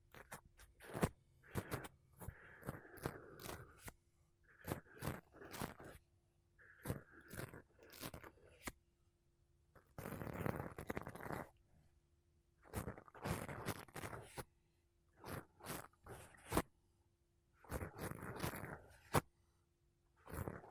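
Makeup brushes and a sponge rub over a microphone in bursts of soft scratchy swishes and sharp taps, separated by brief pauses, under a faint steady hum.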